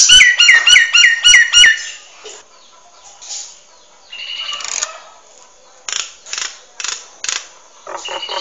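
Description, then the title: Nias hill myna song opening with several loud, ringing whistled notes in quick succession, then a varied run of harsh buzzy bursts and clipped squawky notes. Bird described as singing actively and very loudly; recording meant as tutor song for training other birds. "Burung Jalak Nias Gacor Suara Super Gledek Untuk Masteran"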